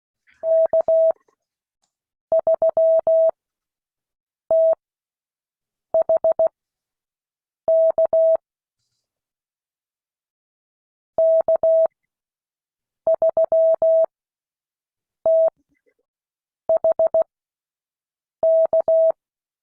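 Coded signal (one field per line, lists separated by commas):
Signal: Morse code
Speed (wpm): 16 wpm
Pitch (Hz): 650 Hz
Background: none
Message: K3THK K3THK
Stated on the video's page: Morse code class lesson.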